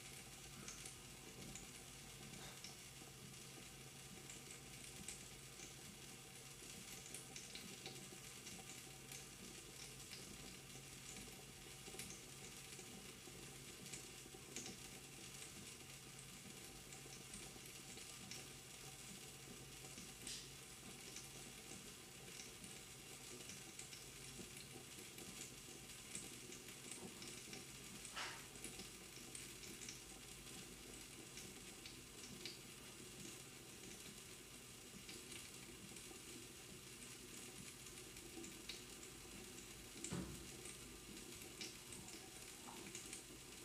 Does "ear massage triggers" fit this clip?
no